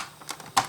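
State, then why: Seated. A plastic brick awning assembly is slid down and wiggled onto the Technic pins of a brick-built motorhome wall. Faint plastic clicks and rubbing are heard around 0.2 to 0.4 s, followed by a sharp snap at 0.6 s as the awning seats and locks in place.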